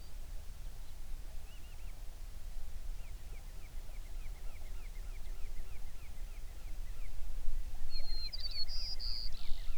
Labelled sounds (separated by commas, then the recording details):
songbird
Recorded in the Prudhoe Bay oil fields, Alaska, on 11 June 2019 at 04:58
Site 21